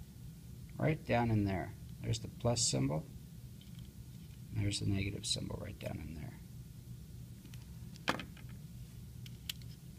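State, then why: Seated. A lithium battery is pressed into the battery holder of a security door/window sensor while someone talks. After a few small ticks, the battery snaps into place with a sharp click at 9.5 seconds, seated in the holder.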